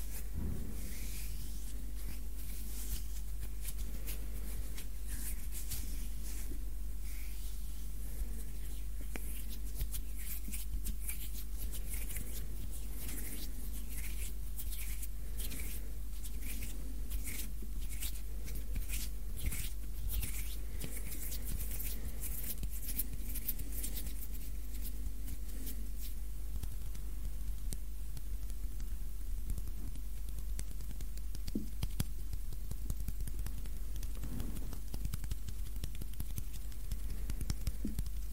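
Hand sounds: dry rubbing and brushing with dense, quick crackly taps and swishes, busiest from about 5 to 25 seconds, then thinning a little. A steady low hum runs underneath throughout, and the overall level stays even.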